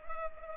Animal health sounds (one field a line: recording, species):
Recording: mosquito wingbeat signal from an infrared sensor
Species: Culex pipiens